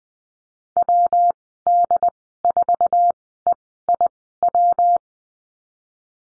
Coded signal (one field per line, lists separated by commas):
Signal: Morse code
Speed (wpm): 20 wpm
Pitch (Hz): 700 Hz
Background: none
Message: WD4EIW